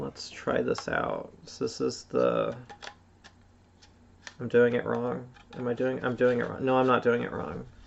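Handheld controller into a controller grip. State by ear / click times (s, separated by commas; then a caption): not seated / none. A Nintendo Switch handheld controller is being handled against a plastic controller grip frame while someone talks, with a few faint, brief ticks of plastic handling in between. Nothing has seated or clicked into the grip yet.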